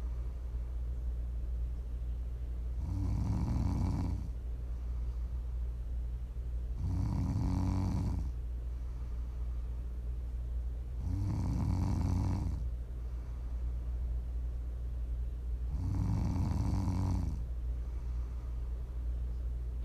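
Four low, rumbling snores from an adult sleeper, about every four seconds, roughly 14 per minute, over a steady low hum; ASMR snoring.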